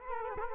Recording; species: mosquito wingbeat signal from an infrared sensor; Culex quinquefasciatus